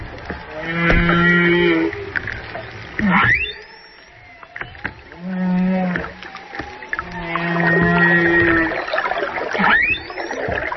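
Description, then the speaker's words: Humpback whale song: steady harmonic moans repeated several times, broken by sweeping upward squeals. Humpback whale song off Maui, recorded on a hydrophone dangling in the sea. "Yeah, we have some humpback whale sounds, sing songs from Maui."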